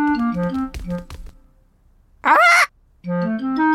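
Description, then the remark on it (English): Polly, Granny Pig and Grandpa Pig's pet parrot in Peppa Pig, lets out a single loud, harsh squawk lasting under half a second, set between stretches of steady, stepping tonal sounds before and after. “Peppa, George, this is our pet parrot.”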